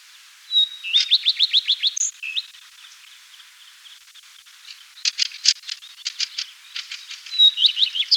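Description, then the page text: Common redstart song: a phrase opening with a pure whistled note, then running into rapid repeated chirps and a jumbled scratchy ending; after a quiet pause, a burst of scratchy notes, then another whistled opening cut off at the end. "Common Redstart Song. Quick Sounds"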